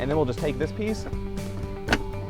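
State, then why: Seated. Someone talks while the plastic lock-off clasp on an infant car seat base is pressed down over the seat belt, which has been pulled tight. A loud, sharp click sounds at 1.9 seconds as the clasp clicks down, leaving the car seat secure.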